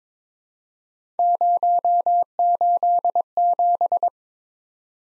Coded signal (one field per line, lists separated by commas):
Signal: Morse code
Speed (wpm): 22 wpm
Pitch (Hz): 700 Hz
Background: none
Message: 087